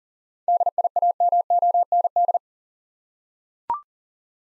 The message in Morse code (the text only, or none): DIAMOND